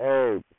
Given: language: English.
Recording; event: throat vibration sensor signal played as sound; speech